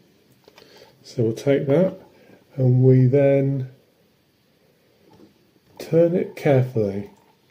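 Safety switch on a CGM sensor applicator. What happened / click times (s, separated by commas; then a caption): Handled, not yet home: a small plastic switch is being turned, nothing has seated / none. Someone talks while handling a Sinocare iCan i3 CGM sensor applicator, turning its plastic safety switch on top carefully toward the unlocked stop. A couple of faint ticks come near 0.5 s and a louder tap at 5.8 s between the speech. The switch is still being handled and nothing has seated or clicked home yet.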